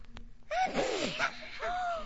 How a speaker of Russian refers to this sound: Он чихнул, девочки. Очнулся.